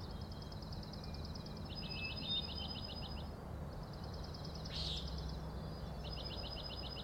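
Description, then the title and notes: Common nighthawk rattles in quick succession: rapid, pulsed buzzy trills run almost back to back, with one brief sharp burst midway, over a constant low background rumble. Three birds flying in very close formation and rattling, 4am, June 16 2017, Overlook on Schoodic Head, Acadia National Park, Winter Harbor, Maine; passed remarkably close to the recordist. "Common Nighthawks, Schoodic Head 061617 4am. 3 common nighthawks making peenting calls and wings booms but also a rattling noise at the Overlook (410 ft) on Schoodic Head (435 feet) Schoodic division Acadia National Park Winter Harbor, ME"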